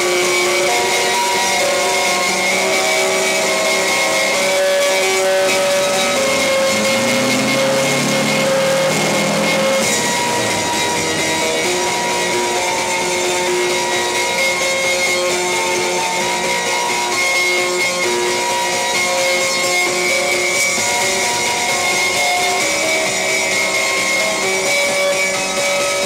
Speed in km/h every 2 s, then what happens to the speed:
69, 59, 56, 65, 90, 85, 73, 64, 56, 53, 46, 43, 41.
0-4 slows to 56. 4-8 speeds up to 90. 10-26 slows to 41.